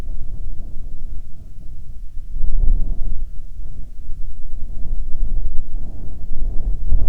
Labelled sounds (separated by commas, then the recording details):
wind, insects
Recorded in the Prudhoe Bay oil fields, Alaska, on 10 July 2019 at 14:17
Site 14